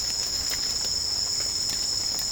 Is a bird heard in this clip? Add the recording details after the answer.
no. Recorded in pastures near Puerto Asís, Putumayo, Colombia, on 30 June 2025 at 17:00. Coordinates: 0.496, -76.326. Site GP01